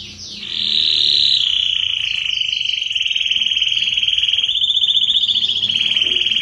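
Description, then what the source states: Canary song: a long, fast, rolling trill held steady at a high pitch, rising briefly near the end. Red Belgian canary singing.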